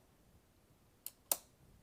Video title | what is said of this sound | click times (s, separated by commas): Live: Unboxing the Macbook Pro 14 with M1 Max! | and that really snaps in pretty securely there it's got a nice click to it | 1.1 s, 1.3 s